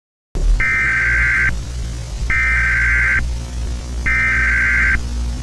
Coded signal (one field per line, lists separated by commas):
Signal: Emergency Alert System (SAME) tones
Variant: header bursts